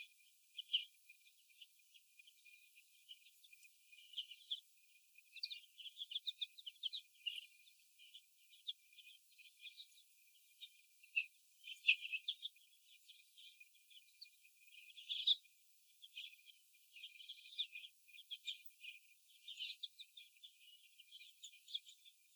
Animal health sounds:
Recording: young laying hens in a cage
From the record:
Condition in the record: before the stressor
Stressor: sudden umbrella opening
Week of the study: 2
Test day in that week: 1

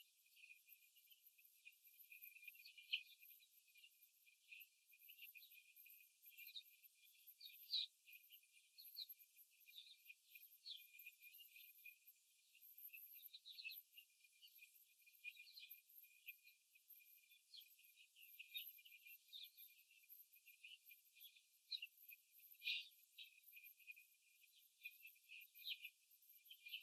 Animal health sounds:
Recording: young laying hens in a cage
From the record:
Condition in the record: after the stressor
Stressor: simulated dog barking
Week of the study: 3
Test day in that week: 2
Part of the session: 3

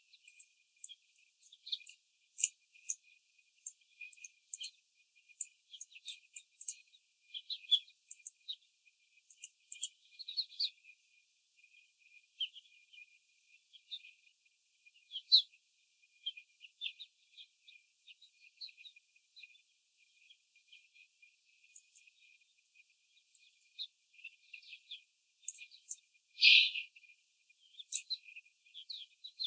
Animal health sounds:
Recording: young laying hens in a cage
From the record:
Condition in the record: after the stressor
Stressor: simulated dog barking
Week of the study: 4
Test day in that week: 3

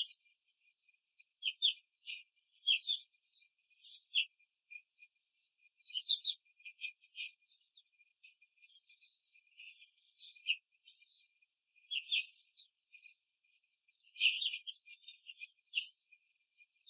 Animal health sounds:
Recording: young laying hens in a cage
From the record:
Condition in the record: control cage, before the stress test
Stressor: none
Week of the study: 4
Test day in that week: 1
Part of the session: 4

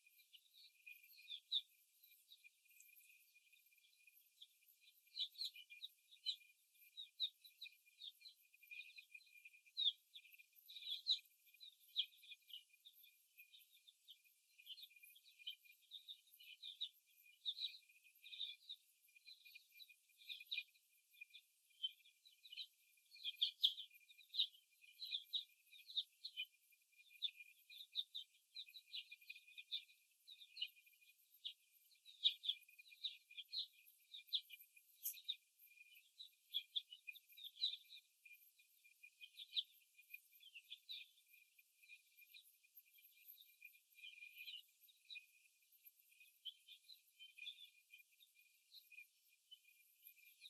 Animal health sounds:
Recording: young laying hens in a cage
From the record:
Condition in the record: before the stressor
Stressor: simulated dog barking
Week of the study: 1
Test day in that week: 2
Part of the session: 1

